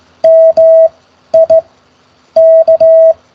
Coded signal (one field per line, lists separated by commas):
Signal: Morse code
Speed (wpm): 15 wpm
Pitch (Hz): 660 Hz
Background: none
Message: MIK